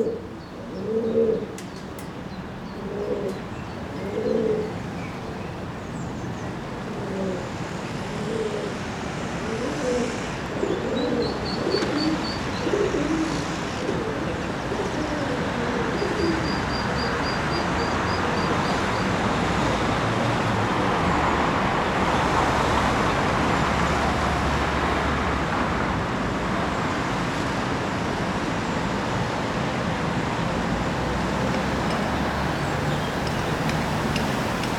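A village soundscape with a steady wash of road traffic that grows fuller and louder after about fifteen seconds, as a vehicle seems to pass. Early on, low cooing of pigeons repeats, and a few brief high bird chirps appear around eleven and seventeen seconds.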